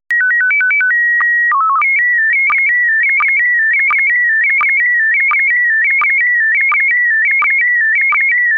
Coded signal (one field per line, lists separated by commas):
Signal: SSTV (slow-scan television)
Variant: PD 90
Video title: Daily Minutes, 16 december2018 (Nieuws (Engels) + meer dan 10 min. SSTV en data)